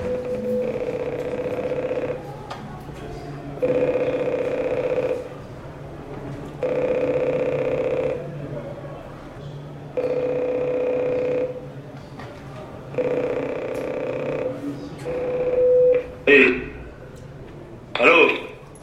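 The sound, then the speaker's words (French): A prison cell intercom being tested rings with a buzzing electronic tone in five evenly spaced bursts, each about two seconds long with short pauses between. A couple of sharp clicks and clunks follow at the end. “Bonjour, c'était pour un essai à l'interphone.”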